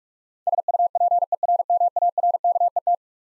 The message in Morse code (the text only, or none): SUPERMARKET